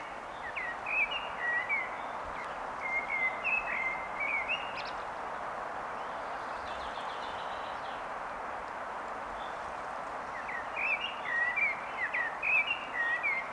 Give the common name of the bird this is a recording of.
Common Blackbird